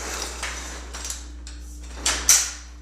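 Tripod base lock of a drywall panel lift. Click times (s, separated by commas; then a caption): 2.3 s. Someone pushes a small hook on the metal tripod base of a Harbor Freight drywall panel lift, letting the base slide forward with light scraping and rattling against a steady low hum. A sharp clack at about 2.1 s is followed by a louder metallic click at 2.3 s as the base locks into place.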